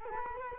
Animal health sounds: mosquito wingbeat signal from an infrared sensor; Culex quinquefasciatus

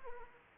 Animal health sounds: mosquito wingbeat signal from an infrared sensor; Anopheles arabiensis

